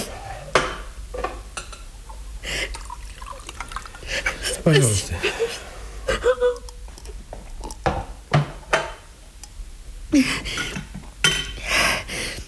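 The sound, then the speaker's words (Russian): Glass and dishes clink and knock in a loose, irregular series of sharp taps while water is served after someone asks for it, with a brief spoken word among the clatter. “Можно воды? Да, пожалуйста.”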